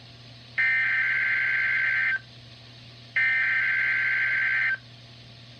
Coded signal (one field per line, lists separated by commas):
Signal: Emergency Alert System (SAME) tones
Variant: header bursts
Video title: EAS Alerts Of 2019